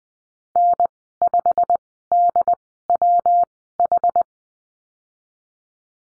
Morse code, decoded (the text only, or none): N5DWH